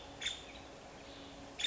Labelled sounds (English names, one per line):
Nuttall's Woodpecker